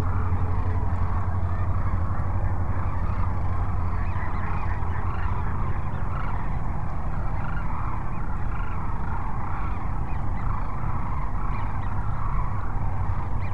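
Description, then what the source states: Sandhill cranes calling together, overlapping rattled bugles forming a continuous chorus, low steady hum in the background. Sandhill cranes at Cochise Lakes on 30 January 2019.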